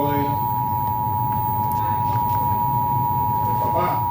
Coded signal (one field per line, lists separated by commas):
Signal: Emergency Alert System (SAME) tones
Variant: 853 and 960 Hz attention tone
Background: speech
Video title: EAS Amber Alert System (November 27th, 2022)